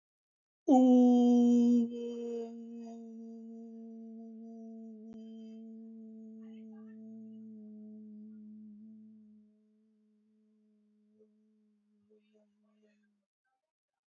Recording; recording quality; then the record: sustained vowel as in boot; excellent, no background noise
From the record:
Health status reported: healthy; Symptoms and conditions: hypertension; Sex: male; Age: 52 years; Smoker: not ticked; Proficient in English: yes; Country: India